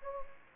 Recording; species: mosquito wingbeat signal from an infrared sensor; Anopheles gambiae